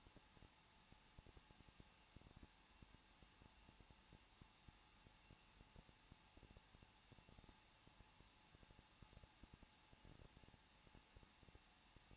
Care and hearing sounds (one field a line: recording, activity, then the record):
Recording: daily activity, microphone in the room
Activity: no activity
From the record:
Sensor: 1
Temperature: 20.1 degrees Celsius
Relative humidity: 39.1%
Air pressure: 1006.4 hPa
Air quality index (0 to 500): 216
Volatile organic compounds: 74 ppm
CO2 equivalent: 3555 ppm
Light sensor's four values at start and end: 1/2/1/1 and 1/2/1/1